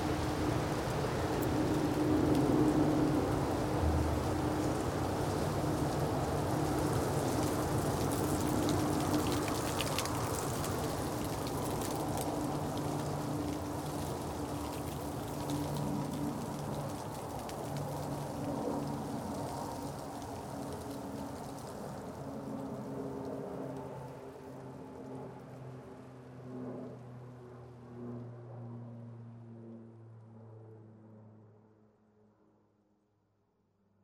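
Ice-coated trees crackle and rustle in the wind, a dense, bright crackling that fills the first half and slowly thins. A low steady hum with a few sustained tones runs underneath, and everything fades away to silence over the last few seconds.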